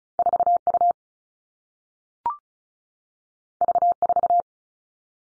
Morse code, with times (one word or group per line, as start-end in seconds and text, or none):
0.2-0.6 4
0.7-0.9 U
3.6-3.9 V
4.0-4.4 4